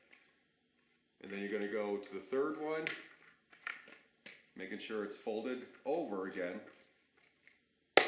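Someone talks while the third folded tab of an MSA hard hat suspension is pressed into its slot in the hard hat shell. The tab snaps in with a sharp click at 7.9 s, seating the tab in the housing.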